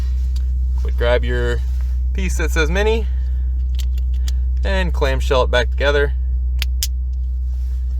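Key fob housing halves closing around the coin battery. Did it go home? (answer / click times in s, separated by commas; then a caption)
yes / 6.6 s, 6.8 s. The two plastic halves of a MINI Cooper key fob, including the piece that says MINI, are pressed back together around the coin battery after a battery change while someone talks over a steady low hum. Faint ticks come around 3.8–4.3 s, then two sharp clicks at 6.6 s and 6.8 s as the shell snaps shut and seats.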